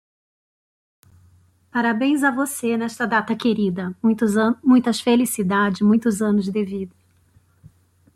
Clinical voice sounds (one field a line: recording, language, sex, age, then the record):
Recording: short text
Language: Brazilian Portuguese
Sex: female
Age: 40 to 49 years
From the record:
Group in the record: control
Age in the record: 46 years